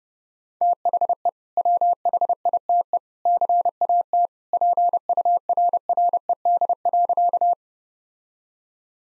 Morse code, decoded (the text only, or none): THE WHITE CAT PURRED.